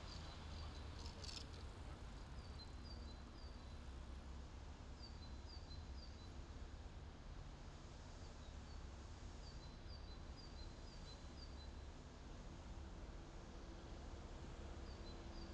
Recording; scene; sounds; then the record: everyday scene through a hearing-aid microphone; in traffic; traffic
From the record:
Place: main city hub, rush hour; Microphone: in the ear canal, left